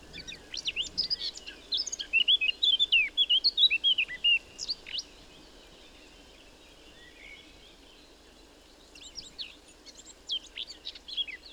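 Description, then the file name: Eurasian blackcap song: a rapid jumble of high twittering notes for about five seconds, then a pause, then scattered softer chirps near the end. "Sylvia atricapilla"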